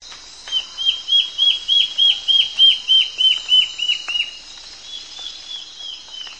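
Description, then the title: Black-faced antbird calling, a fast series of many clear downslurred whistled notes, then fainter notes, over a steady high insect hiss. Nominate subspecies myotherinus. "LuckyPassaro Completos2Sama. Black-faced Antbird (Myrmoborus myotherinus myotherinus)"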